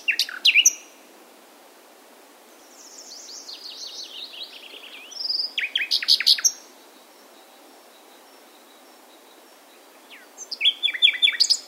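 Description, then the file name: Common nightingale pouring out separate bursts: sharp high notes, a soft descending series, clipped staccato chirps, then another quick phrase after a silence. "Luscinia megarhynchos"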